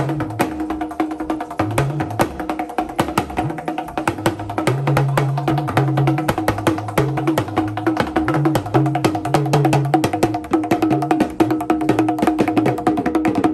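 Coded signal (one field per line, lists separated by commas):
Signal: talking drum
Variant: Yoruba dundun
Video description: Watch Ayanlekan eulogise with talking drum and accompanied in high rhythmic harmony.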